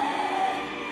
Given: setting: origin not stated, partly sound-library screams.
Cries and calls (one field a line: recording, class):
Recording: one-second piece from a danger detection set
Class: woman in danger